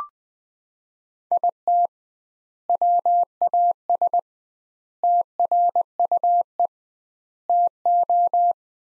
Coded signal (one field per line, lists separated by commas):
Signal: Morse code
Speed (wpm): 20 wpm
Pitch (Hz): 700 Hz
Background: none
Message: IT WAS TRUE TO